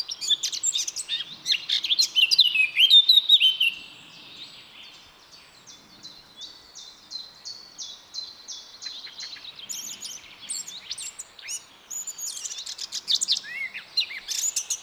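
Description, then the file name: Eurasian blackcap song: a loud rich warble over the first four seconds, then quieter rapid repeated notes and scratchy phrases. "Sylvia atricapilla"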